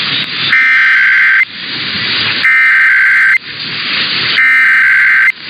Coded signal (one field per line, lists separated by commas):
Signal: Emergency Alert System (SAME) tones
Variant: header bursts